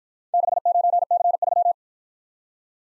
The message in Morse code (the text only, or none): 69C3